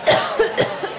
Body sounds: coughing mixed with background sound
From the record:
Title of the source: Coughing Woman Sound - Woman Cough Sound Effect

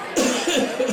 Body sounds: coughing mixed with background sound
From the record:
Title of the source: Spring Cold Coughing.

